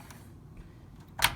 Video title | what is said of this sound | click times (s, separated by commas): Idiot builds a budget gaming PC | it clicks in this case now | 1.2 s